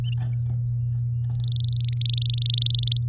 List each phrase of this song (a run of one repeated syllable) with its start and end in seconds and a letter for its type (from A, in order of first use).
1.31-2.99 A